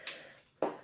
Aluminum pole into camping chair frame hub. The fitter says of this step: this one's a double for the hi seat back so that snaps there